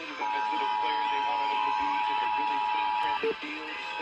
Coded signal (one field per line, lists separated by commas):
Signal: Emergency Alert System (SAME) tones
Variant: 853 and 960 Hz attention tone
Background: speech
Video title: February 2023 Texas Required Monthly Test (EAS #286-295)